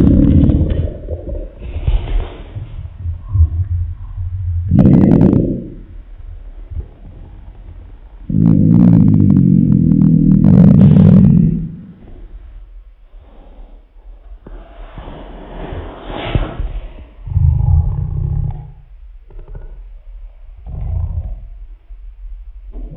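Low, irregular gurgling and rumbling bursts from the belly: ordinary stomach growling as gas and fluid move through the gut.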